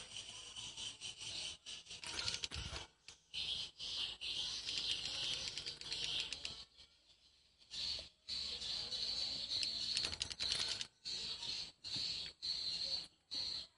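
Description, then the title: Swiftlets keep up a near-continuous buzzy chirring, broken by short pauses and dry clicks. "Suara Burung Wallet"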